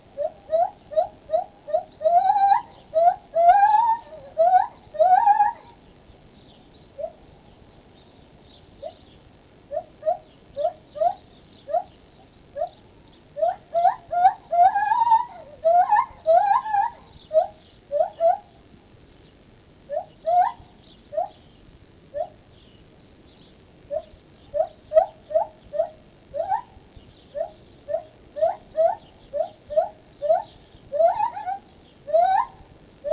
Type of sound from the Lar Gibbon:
call